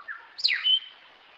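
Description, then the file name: Cacique song: a short low chirp, then a sharp downward-sweeping note falling into a clear, level whistle lasting about a fifth of a second. "canto do tecelao do acre"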